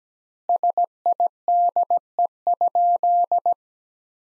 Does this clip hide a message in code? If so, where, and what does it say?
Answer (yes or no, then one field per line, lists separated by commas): yes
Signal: Morse code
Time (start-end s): 0.5-3.5 s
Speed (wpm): 17 wpm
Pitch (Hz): 700 Hz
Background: none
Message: SIDE?